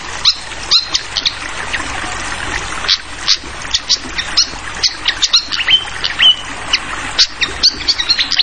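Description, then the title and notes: Fantail chattering song: quick irregular high chirps and a few brief whistled notes, continuous over a gentle background hiss. Tutoring recording (masteran) for training songbirds, clear voice, mixed with the sound of flowing water. "Masteran Sikatan Kipas Suara Jernih Dan Suara Gemericik Air. Suara Burung Sikatan Londo"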